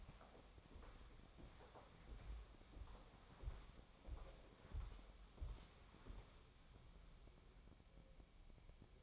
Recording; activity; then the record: daily activity, microphone in the room; walk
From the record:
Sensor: 1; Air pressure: 1015.3 hPa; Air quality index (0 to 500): 132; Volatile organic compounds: 5 ppm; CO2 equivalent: 1821 ppm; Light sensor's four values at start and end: 12/29/12/13 and 12/28/11/12